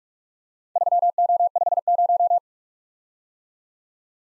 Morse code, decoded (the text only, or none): 3O50